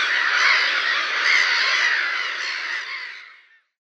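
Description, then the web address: Black-headed Gull calls, a steady mass of harsh squawks from many birds that fades away before the end. "Schulze Peter Black-headed Gull"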